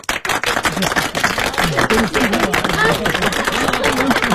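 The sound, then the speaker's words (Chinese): A crowd breaks into warm, sustained applause welcoming a professor to give a lecture, a dense steady patter of many hands clapping for several seconds, with faint voices murmuring underneath. “下面我们就以热烈的掌声欢迎林海涛教授”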